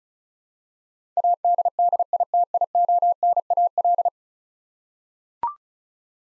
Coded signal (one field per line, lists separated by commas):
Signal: Morse code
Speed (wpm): 36 wpm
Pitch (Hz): 700 Hz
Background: none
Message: ADDITIONAL